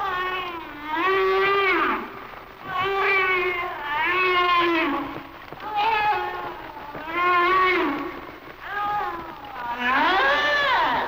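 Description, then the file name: Humpback whale song: a series of harmonic, wavering moans and whoops that rise and fall, each lasting one to two seconds and following one another almost without a break. "Sounds of Nature - Humpback Whales"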